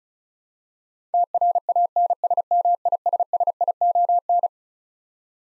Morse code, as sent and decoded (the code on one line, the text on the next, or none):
- .-. .- -. ... -- .. ... ... .. --- -.
TRANSMISSION